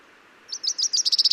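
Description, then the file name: Common chaffinch song opening: after a moment of quiet, high sharp notes start and speed up into an even trill. "Fringilla coelebs"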